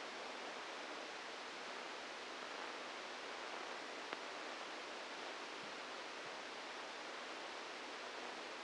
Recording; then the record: brain microelectrode recording played as sound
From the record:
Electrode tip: inside the subthalamic nucleus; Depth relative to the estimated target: 1 mm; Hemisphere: left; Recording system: NeuroSet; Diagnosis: Parkinson's disease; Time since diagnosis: 27 years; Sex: male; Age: 62 years